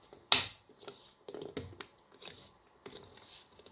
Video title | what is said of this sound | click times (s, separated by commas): 6 lampes fluocompactes TOSHIBA Neo ball 16W ferromagnétique | ça se clipsant voilà | 0.3 s